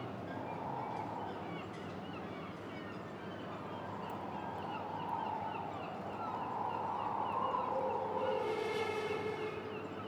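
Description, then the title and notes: Gulls calling in a loose chorus of short, arched, nasal cries over steady wind roar and a droning metallic hum. Gulls recorded at a quay in Boulogne-sur-Mer, France, with wind, a metal structure and the clinking of pleasure boats. "Quai Thurot, Boulogne-sur-Mer, France - Mouettes. Prise de sons : JF CAVRO"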